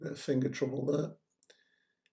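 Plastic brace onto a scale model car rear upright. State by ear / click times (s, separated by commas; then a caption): seated / 1.4 s. Someone talks, then a small plastic steady brace is pressed onto the rear upright of a Tamiya 1/24 Mitsubishi Lancer Evo VII Monte Carlo 2002 scale model car after a fumbled first try. It pops into place with a sharp click at 1.4 s, followed by softer ticks of handling.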